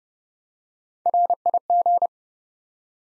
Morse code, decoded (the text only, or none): RIG